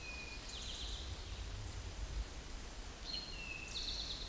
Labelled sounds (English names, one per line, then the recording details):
Eastern Towhee song
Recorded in a Pennsylvania forest on 17 May 2023 at 13:25
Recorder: AudioMoth, point grid1_9_low
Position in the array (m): 112 m, 106 m